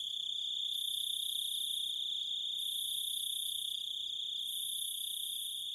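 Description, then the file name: Grasshopper giving a steady high trill, with separate very high hissing bursts of insect sound about every two seconds over it. "zvuki kuznechika"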